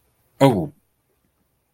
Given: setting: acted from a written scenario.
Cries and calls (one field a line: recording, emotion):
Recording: vocal sound without words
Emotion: negative surprise